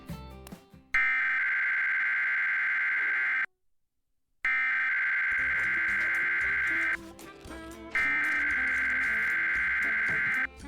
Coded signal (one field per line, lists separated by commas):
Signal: Emergency Alert System (SAME) tones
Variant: header bursts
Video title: PBS Kids Program Break with EAS Test Error (2018 WNPT-DT1)